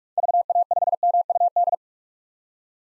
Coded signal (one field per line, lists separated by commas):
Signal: Morse code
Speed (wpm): 46 wpm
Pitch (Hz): 700 Hz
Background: none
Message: VA5MUD